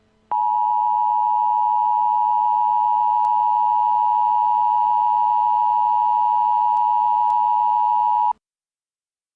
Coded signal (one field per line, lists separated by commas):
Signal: Emergency Alert System (SAME) tones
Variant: 853 and 960 Hz attention tone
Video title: EAS Scenario Labor Day Special: Attack on D.C